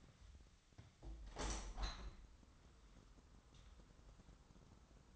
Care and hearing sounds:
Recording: daily activity, microphone in the room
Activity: open window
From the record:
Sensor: 3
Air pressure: 997.9 hPa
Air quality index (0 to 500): 132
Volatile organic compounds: 4 ppm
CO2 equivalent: 1580 ppm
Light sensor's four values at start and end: 14/41/16/15 and 14/42/17/16

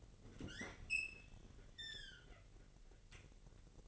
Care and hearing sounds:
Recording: daily activity, microphone in the room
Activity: open fridge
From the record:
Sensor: 4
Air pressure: 1002.7 hPa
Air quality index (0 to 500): 242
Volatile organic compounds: 17 ppm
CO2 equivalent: 2596 ppm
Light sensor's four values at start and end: 4/10/3/4 and 4/10/4/4

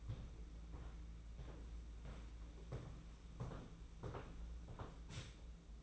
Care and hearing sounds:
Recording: daily activity, microphone in the room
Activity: walk to room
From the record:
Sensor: 1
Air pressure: 992.0 hPa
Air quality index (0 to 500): 215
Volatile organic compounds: 1000 ppm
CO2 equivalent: 8398 ppm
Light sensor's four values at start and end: 22/77/30/30 and 22/75/29/29

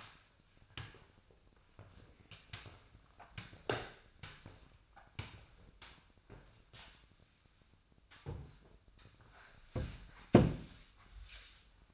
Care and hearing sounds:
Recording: daily activity, microphone in the room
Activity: sweep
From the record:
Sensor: 2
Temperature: 24.0 degrees Celsius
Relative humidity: 35.5%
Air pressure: 1004.6 hPa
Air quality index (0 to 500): 91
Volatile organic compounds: 2 ppm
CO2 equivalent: 1097 ppm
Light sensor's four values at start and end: 6/15/6/6 and 6/14/6/6

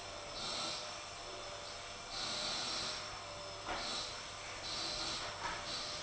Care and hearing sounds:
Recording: daily activity, microphone in the room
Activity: vacuum cleaning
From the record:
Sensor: 5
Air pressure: 1000.2 hPa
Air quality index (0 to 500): 118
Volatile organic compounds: 1 ppm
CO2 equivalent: 939 ppm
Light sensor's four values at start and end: 152/359/154/168 and 153/359/154/168

